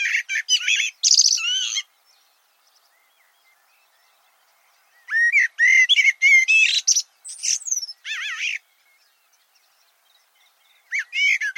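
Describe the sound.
Songbird delivering jumbled phrases of sharp chirps and slurred whistles, separated by silent gaps of several seconds.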